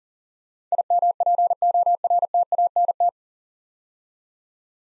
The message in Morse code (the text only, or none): IMPORTANT